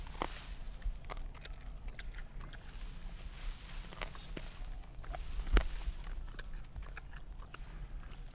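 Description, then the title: Giant panda eating bamboo: irregular crisp cracks and crunching snaps, one especially sharp loud break among softer chewing clicks, over a steady low rumble. Eating bamboo in Sichuan, China. "熊猫吃竹子2-中国四川"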